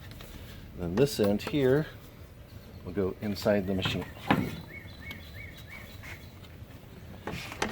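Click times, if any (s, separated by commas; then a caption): 7.6 s. Someone talks while the correct end of a plastic blower tube is pushed into the outlet of an Echo gas leaf blower. A sharp click at 7.6 s confirms the tube is seated in the machine.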